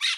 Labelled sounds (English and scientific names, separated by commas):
Brown-throated Parakeet (Eupsittula pertinax) contact call